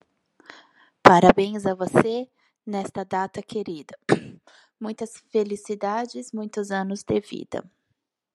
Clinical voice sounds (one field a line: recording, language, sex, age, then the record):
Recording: short text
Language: Brazilian Portuguese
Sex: female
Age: 40 to 49 years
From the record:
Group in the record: control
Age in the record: 40 years